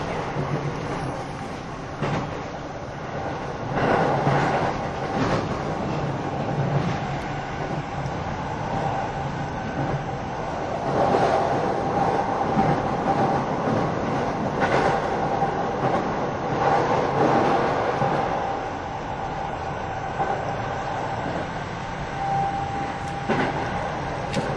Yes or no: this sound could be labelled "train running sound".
yes